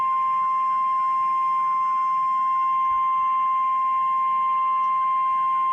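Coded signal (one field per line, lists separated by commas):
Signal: Emergency Alert System (SAME) tones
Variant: 1050 Hz attention tone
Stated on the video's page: Tornado Warning EAS alert; the tornado emergency itself had no EAS tones.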